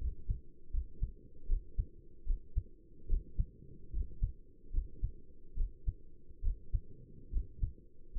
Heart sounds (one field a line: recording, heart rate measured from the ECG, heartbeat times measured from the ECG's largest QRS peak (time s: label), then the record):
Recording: heart sounds by stethoscope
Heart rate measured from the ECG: 74 bpm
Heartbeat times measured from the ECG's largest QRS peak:
0.00 s: heartbeat
0.73 s: heartbeat
1.49 s: heartbeat
2.27 s: heartbeat
3.09 s: heartbeat
3.93 s: heartbeat
4.73 s: heartbeat
5.57 s: heartbeat
6.44 s: heartbeat
7.33 s: heartbeat
8.15 s: heartbeat
From the record:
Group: healthy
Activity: rest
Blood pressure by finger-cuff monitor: 82/58 mmHg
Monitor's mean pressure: 66 mmHg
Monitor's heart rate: 76 bpm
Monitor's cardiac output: 6.4 L/min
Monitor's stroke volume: 85 mL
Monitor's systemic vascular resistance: 750 dyn s/cm5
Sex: male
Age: 22 years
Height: 181 cm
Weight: 79 kg